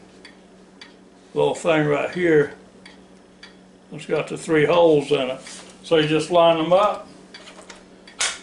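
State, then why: Seated. Someone talks while lining up the three prongs of a Shark ION F80 DUO Clean vacuum section with the three holes in the vacuum's mating socket, with faint light ticks in between. At 8.2 s the section is pushed in and gives a sharp click as it seats into place.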